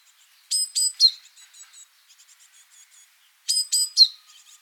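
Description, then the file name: Great tit: a short phrase of three bright, clear notes, the last lower in pitch, given twice about three seconds apart, with faint chirping between. "Parus major"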